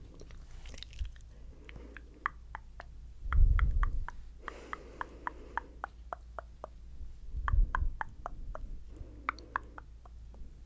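Rapid, regular tongue clicks in bursts, with soft rustling hand movements and two low, thumping swells around four and eight seconds.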